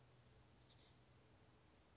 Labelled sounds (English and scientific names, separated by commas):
Chestnut-backed Chickadee (Poecile rufescens)